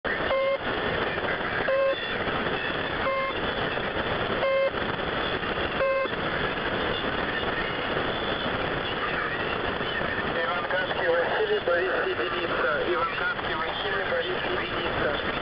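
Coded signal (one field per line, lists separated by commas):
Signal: coded military voice message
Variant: The Pip, Russian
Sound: short buzzy pips about every 1.4 seconds, then faint distorted voice under heavy static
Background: radio static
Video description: "The Pip" is a Russian military station that broadcasts on 5448 kHz at daytime and 3756 kHz at nighttime.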